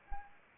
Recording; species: mosquito wingbeat signal from an infrared sensor; Anopheles arabiensis